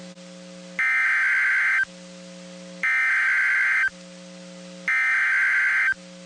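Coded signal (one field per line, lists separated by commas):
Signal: Emergency Alert System (SAME) tones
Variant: header bursts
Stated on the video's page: Severe thunderstorm and flash flood alerts received on weather radio stations WXK35, WXK36 and KWN34.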